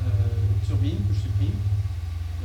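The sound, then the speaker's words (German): A steady, deep droning hum of a submarine's turbines, electric motors and propulsion at 106 revolutions per minute runs unbroken throughout, with a voice briefly speaking over the low mechanical rumble. “Man hört die Turbinen, die elektrischen Motoren und den Antrieb. Ich nehme den Antrieb weg und hebe das Niveau etwas an.”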